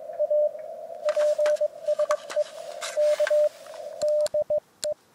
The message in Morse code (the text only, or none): A PSE K DE